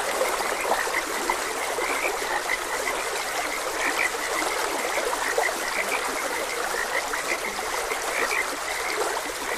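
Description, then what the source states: Steady frog chorus of repeated short croaks, accompanied by constant stream water sound. Frogs croaking beside a gentle stream.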